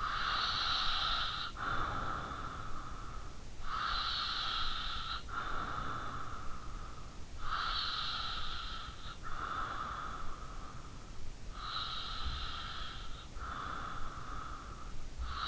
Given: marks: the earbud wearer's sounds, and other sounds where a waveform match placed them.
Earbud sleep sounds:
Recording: sounds in sleep by an in-ear microphone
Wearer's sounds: breath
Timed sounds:
0.17-15.48 s: breath

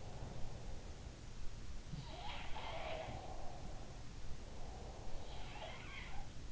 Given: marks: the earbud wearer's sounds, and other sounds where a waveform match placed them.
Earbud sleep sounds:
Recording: sounds in sleep by an in-ear microphone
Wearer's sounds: breath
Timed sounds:
0.00-1.02 s: sound from someone else or the room
1.73-6.52 s: sound from someone else or the room
2.91-5.57 s: breath

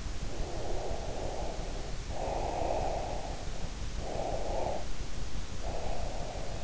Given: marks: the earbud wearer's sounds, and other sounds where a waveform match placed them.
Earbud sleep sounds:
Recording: sounds in sleep by an in-ear microphone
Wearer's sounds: breath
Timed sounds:
0.15-3.75 s: breath
4.01-6.64 s: breath

